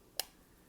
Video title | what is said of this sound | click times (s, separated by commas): Video Review: Transformers: Legacy Evolution - Voyager Class LEO PRIME | make sure that clicks into place like that and then fold it back up into the body | 0.2 s